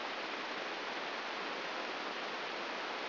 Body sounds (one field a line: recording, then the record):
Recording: brain microelectrode recording played as sound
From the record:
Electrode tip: inside the subthalamic nucleus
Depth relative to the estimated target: 3 mm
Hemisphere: right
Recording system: AlphaMap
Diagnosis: Parkinson's disease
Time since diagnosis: 15 years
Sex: female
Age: 68 years